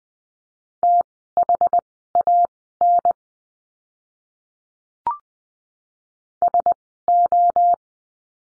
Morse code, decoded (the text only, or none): THAN SO